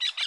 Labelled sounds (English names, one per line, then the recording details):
Brown-throated Parakeet contact call
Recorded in Bonaire
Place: 1 km N of power plant, rd to Republiek
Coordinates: 12.184, -68.285